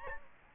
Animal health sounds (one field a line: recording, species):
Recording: mosquito wingbeat signal from an infrared sensor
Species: Aedes albopictus